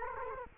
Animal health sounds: mosquito wingbeat signal from an infrared sensor; Culex quinquefasciatus

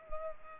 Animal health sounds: mosquito wingbeat signal from an infrared sensor; Culex pipiens

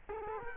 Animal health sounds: mosquito wingbeat signal from an infrared sensor; Culex quinquefasciatus

